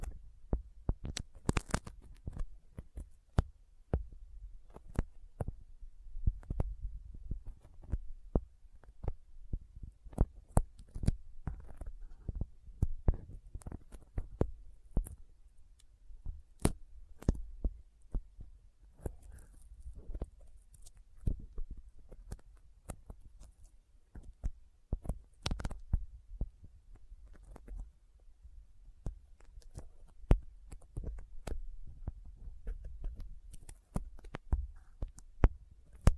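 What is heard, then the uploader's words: Intense sticky finger sounds: rapid, irregular clicks and tacky pops over a low thumping rumble, continuing densely throughout with sharper bursts scattered across. ASMR Intense Sticky Finger Sounds (No Talking).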